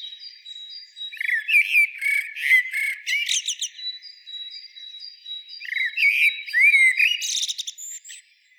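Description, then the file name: Common blackbird song in two sections: a string of fluty, slurred whistles and squeaky high notes, then a brief pause and another warbled phrase. "Turdus merula"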